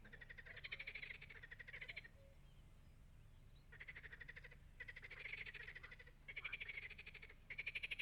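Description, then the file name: Frogs in a loud chorus of rapid pulsed croaks, long buzzing bouts repeating with short gaps, over a steady low hum. "Froesche"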